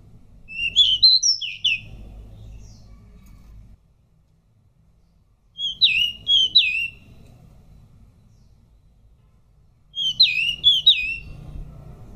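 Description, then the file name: Pied bush chat song: short bursts of sweet, warbled whistled notes about a second long, repeated three times with gaps of several seconds, low rumble underneath. "suara decu belang"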